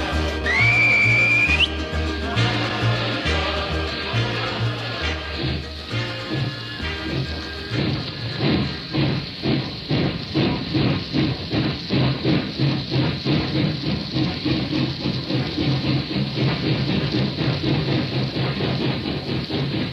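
A steam train's shrill whistle rises and holds briefly, then the engine starts chuffing, its irregular puffs settling into a loud, steady, quickening beat as the train departs.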